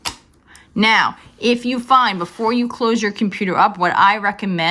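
A second RAM stick is set at an angle into an HP laptop's SO-DIMM memory slot on the motherboard, then pushed down until the side latches snap shut. Two sharp clicks are heard at about 0.1 s and 0.6 s, and the module is seated. Someone then talks.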